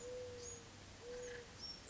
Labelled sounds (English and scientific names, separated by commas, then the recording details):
Mourning Dove (Zenaida macroura)
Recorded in Sonoma County, California